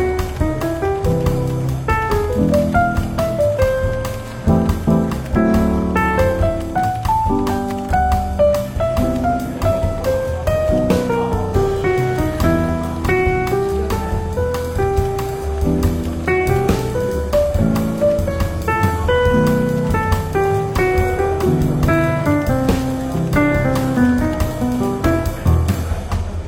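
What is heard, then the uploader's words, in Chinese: Soft, relaxed jazz plays throughout a bookshop café, with a steady low bass line, light regular percussion, and a gliding melody that rises and falls over piano-like chords. The loudness stays even, dipping briefly around four seconds. 伦敦书店咖啡馆轻微喧闹氛围与柔和轻松的爵士背景音乐。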